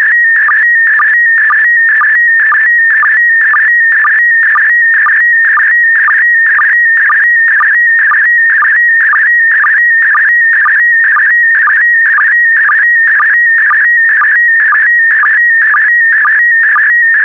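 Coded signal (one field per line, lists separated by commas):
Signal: SSTV (slow-scan television)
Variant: PD120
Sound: warbling tone near 1.9 kHz with rhythmic short low blips about twice a second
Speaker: Get ready. Starting transmission in 5, 4, 3, 2, 1. Transmission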